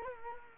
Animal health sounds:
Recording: mosquito wingbeat signal from an infrared sensor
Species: Culex quinquefasciatus

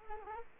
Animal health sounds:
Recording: mosquito wingbeat signal from an infrared sensor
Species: Culex pipiens

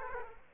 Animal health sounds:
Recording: mosquito wingbeat signal from an infrared sensor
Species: Aedes aegypti

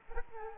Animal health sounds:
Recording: mosquito wingbeat signal from an infrared sensor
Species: Aedes aegypti

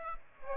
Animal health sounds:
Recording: mosquito wingbeat signal from an infrared sensor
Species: Aedes aegypti

